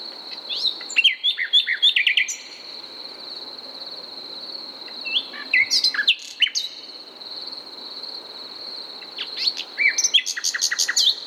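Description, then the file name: Common nightingale singing varied phrases of whistles, chirps and fast repeated notes, separated by short pauses, with a steady high-pitched hum in the background. "Luscinia megarhynchos"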